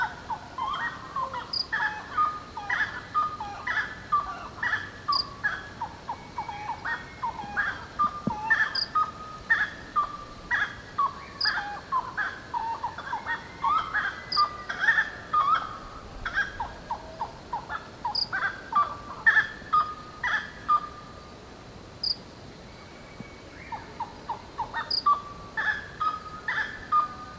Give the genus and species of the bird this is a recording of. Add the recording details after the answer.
Aramides cajaneus. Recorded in the wild. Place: Pirenopolis, Goias, BR. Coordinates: -15.8447, -48.9583. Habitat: savannah. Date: 2013-09-10. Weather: 20°C, clear night, weak wind. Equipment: Olympus LS-3, Olympus ME31. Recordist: Frommolt, Karl-Heinz